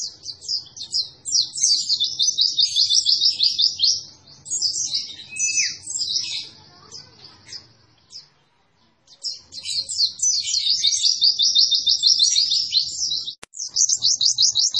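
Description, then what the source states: White-eye giving long bursts of rapid, high, buzzy trilling and twitter, with a short silent gap around nine seconds and a soft low hum in the background. Training recording made for cage birds; described as an energetically singing bird (gacor).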